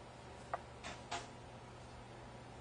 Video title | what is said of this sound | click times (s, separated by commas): Baxter Infusion Pump Video Lecture | mhm and make sure it's clamped on tight yeah there's a click and it it's very mhm | 0.5 s